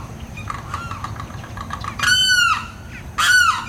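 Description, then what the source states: Limpkin calls: two loud, harsh, wailing cries with strong harmonics, each about half a second, following a run of fainter repeated notes. Played back as the sound of Florida's loudest bird.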